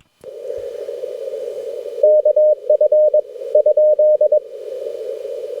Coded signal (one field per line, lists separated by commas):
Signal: Morse code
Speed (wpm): 21 wpm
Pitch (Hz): 610 Hz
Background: none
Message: KF ?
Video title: POTA in the Redwoods: Harder Than You'd Think!